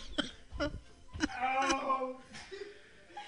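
An adult man coughs in four sharp, forceful bursts about half a second apart after a bite of food goes down the wrong way, then makes a strained voiced sound.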